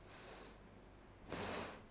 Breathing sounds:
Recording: one breath in and out by a microphone near the nose and mouth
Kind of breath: deep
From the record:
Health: marked as sick, illness not named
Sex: female

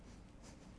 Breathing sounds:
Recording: one breath in and out by a microphone near the nose and mouth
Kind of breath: strong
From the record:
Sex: male

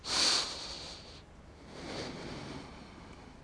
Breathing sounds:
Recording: one breath in and out by a microphone near the nose and mouth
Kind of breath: deep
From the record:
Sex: male

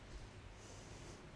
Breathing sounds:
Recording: one breath in and out by a microphone near the nose and mouth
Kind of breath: normal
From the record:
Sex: female

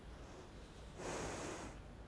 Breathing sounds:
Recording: one breath in and out by a microphone near the nose and mouth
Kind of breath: normal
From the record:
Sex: female

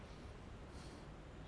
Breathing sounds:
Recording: one breath in and out by a microphone near the nose and mouth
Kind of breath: normal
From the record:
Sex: male

